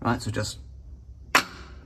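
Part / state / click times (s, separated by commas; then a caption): 3D-printed magnetic board support onto the machine's support table / seated / 1.4 s. Someone talks briefly, then a custom 3D-printed board support with magnets on the bottom is set onto the steel support table of a Juki RS-1R pick-and-place machine. It lands with a single sharp snap at 1.4 s, magnetically locking in place.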